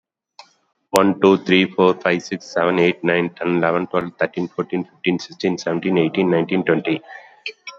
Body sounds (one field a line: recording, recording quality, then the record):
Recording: counting at a fast pace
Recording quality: moderate, slight background noise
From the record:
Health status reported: COVID-19 positive, mild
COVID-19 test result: positive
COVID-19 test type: RT-PCR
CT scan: taken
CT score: 18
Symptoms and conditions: cold, muscle pain, hypertension, ischaemic heart disease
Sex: male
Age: 55 years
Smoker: no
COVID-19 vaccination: both doses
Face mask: not worn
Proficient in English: yes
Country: India